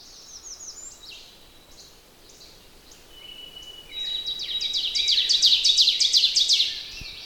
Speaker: There's songs all around me, but the teacher, teacher, teacher, teacher is the oven bird.